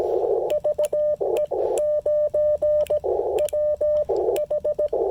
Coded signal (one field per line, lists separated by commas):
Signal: Morse code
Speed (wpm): 18 wpm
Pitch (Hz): 600 Hz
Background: radio noise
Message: VE9WH